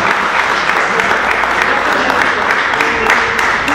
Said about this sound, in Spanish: Bueno, hay aplausos que echan, muchas gracias, lo tomo. Pero bueno, si aparte del generoso aplauso, sí.